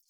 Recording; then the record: hydrophone in a shrimp aquaculture tank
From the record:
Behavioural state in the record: feeding